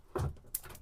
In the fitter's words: There's the click.